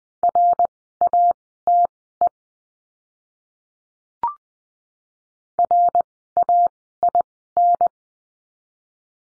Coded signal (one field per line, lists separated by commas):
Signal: Morse code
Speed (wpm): 20 wpm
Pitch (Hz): 700 Hz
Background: none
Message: RATE RAIN